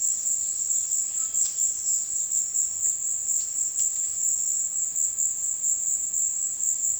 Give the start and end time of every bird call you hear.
[1.17, 1.38] Russet-backed Oropendola

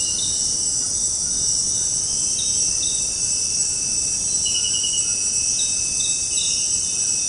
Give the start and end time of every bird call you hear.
[0.00, 5.40] White-throated Toucan

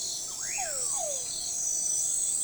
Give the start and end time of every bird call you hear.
[0.23, 0.92] Common Pauraque

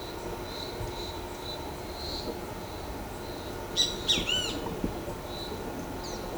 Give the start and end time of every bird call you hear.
[3.77, 4.55] Great Kiskadee

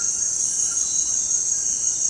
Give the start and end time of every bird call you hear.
[0.00, 2.01] White-throated Toucan

